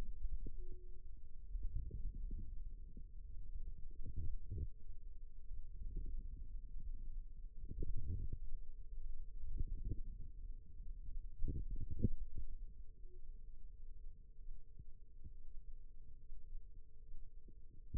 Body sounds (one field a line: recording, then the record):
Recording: forearm muscle sounds (acoustic myography)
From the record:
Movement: ulnar deviation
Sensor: system 2, bracelet of six BSWA MPA416 microphones around the upper forearm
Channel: 4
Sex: female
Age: 22 years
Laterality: right